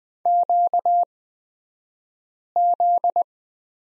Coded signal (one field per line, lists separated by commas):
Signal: Morse code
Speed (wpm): 20 wpm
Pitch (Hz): 700 Hz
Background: none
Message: QZ